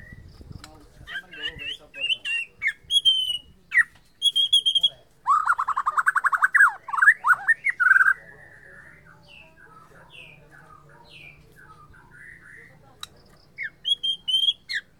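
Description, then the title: White-rumped shama song: scattered whistled notes and high chips, a dense buzzy rattling phrase in the middle, then quieter intermittent notes and a few sharp high calls. Bornean type. "MURAI BORNEO MAS KIKI"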